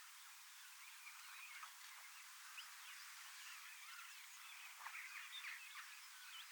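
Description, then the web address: Common starlings chattering as a flock, a dense, faint wash of overlapping squeaks, clicks and short whistles running without pause throughout. Large flock of young birds practising song in preparation for next spring; recorded 25 August 2026 in Finland. "paivat 25 8 2026 iso kottaraisten nuorisoparvi valmistautuu ensi kevaaseen lauluharjoittelemalla"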